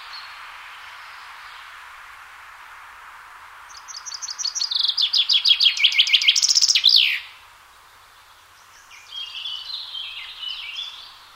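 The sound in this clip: Chaffinch song after a quiet start: a cascade of crisp notes that drops in pitch and closes with a flourish, followed by a softer warbling phrase.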